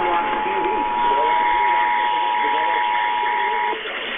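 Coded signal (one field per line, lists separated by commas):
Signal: Emergency Alert System (SAME) tones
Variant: 853 and 960 Hz attention tone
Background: speech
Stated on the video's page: Required Monthly Test from Connecticut and several tests from Illinois.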